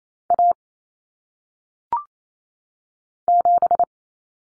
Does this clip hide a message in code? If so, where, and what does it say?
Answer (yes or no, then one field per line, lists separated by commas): yes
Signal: Morse code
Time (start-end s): 0.3-3.8 s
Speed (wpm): 28 wpm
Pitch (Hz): 700 Hz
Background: none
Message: A 7